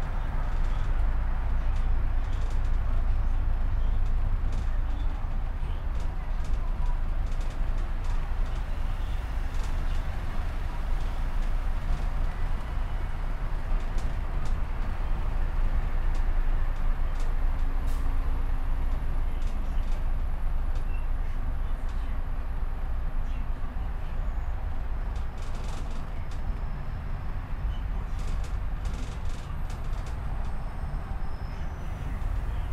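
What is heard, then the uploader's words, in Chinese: Sitting outside in the sun: a steady, dense low rumble like passing traffic or a train, with faint scattered ticks and murmurs above. 坐在300快外晒太阳｜城市声音。很喜欢300快外公交，坐在二层的第一排，被太阳从头到脚晒着，很浪漫。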